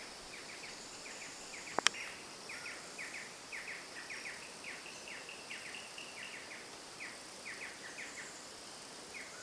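Bird chirping: rapid downward-sliding notes in clustered bursts recur throughout against steady background hiss, with two loud clicks early on.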